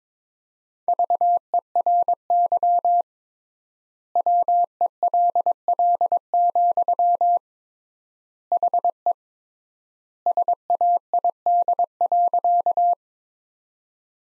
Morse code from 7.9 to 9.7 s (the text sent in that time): HE